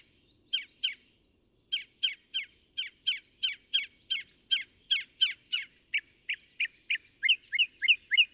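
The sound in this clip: Northern mockingbird song: a run of quick chip notes repeated several times a second, shifting to a series of brighter, slurred rising notes.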